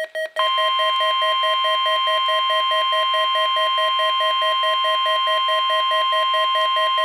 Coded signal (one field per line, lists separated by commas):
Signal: Emergency Alert System (SAME) tones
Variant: 1050 Hz attention tone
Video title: WXJ-46 Required Weekly Test (EAS #228)